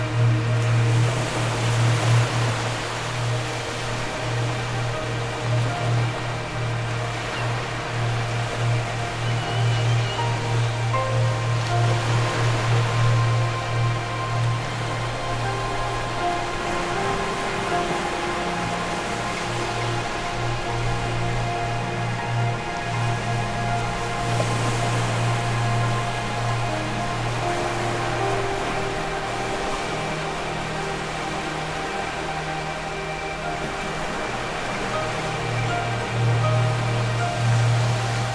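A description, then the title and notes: Ocean waves wash steadily under relaxing music built from long, held tones, with a deep sustained drone at the bottom. The surf hiss stays constant, swelling gently every ten seconds or so, and the level barely changes across the whole stretch. The Majestic Ocean Soundscape With Relaxing Music & Ocean Waves.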